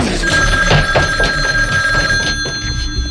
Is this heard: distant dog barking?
no